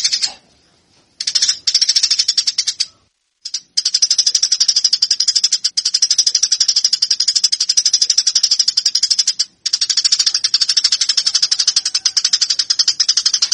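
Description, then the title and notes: Eurasian tree sparrow giving long, dense runs of rapid high chirps, broken by a few short silent gaps. Master song for training fighting-style (tarung) song. "MASTER GEREJA TARUNG. burung gereja"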